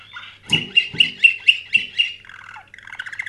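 Canary song: a fast run of about seven sharp, bright notes in quick succession, then softer rolling trills, with a faint low hum beneath.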